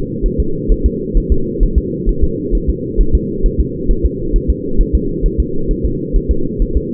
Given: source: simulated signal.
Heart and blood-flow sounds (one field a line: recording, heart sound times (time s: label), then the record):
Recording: fetal heart sounds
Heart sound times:
0.26 s: S1
0.40 s: S2
0.72 s: S1
0.86 s: S2
1.17 s: S1
1.32 s: S2
1.63 s: S1
1.78 s: S2
2.09 s: S1
2.24 s: S2
2.55 s: S1
2.70 s: S2
3.01 s: S1
3.15 s: S2
3.46 s: S1
3.61 s: S2
3.91 s: S1
4.06 s: S2
4.36 s: S1
4.50 s: S2
4.81 s: S1
4.95 s: S2
5.26 s: S1
5.40 s: S2
5.71 s: S1
5.85 s: S2
6.16 s: S1
6.31 s: S2
6.62 s: S1
6.77 s: S2
From the record:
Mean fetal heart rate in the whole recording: 130 bpm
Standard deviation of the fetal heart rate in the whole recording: 4 bpm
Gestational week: 38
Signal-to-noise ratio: -8.1 dB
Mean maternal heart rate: 72 bpm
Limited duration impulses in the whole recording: present